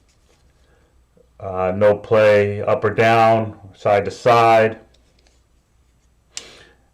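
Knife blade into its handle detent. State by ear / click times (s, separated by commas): seated / 6.4 s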